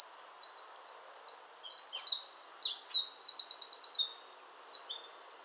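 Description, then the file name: Eurasian wren song opening with a fast trill, then a stream of high sharp notes and another trill, ending near five seconds over faint background hiss. "Troglodytes troglodytes"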